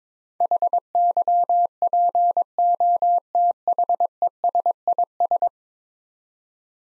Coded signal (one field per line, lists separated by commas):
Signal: Morse code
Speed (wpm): 22 wpm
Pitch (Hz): 700 Hz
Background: none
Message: HYPOTHESIS